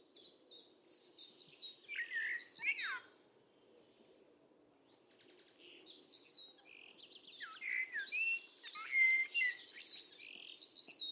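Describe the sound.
Bird calls: a string of rapid, evenly spaced high descending chips, with whistled slurs mixed in and dense chattering building toward the end.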